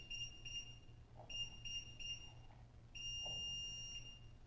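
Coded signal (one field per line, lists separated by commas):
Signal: beep code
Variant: Sargent and Greenleaf 2740B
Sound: high electronic beeps, several short ones, then a long steady beep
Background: low electrical hum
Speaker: so let's get it into the calibration mode starting anywhere on the dial I turn it to the right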